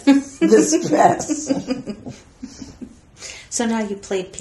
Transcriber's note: laughter